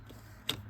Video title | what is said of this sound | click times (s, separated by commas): TOYOTA 4RUNNER TRANSFORMATION • MESO CUSTOMS & DR KDSS • How to/Installation | one end, wait for the click, and this one. | 0.5 s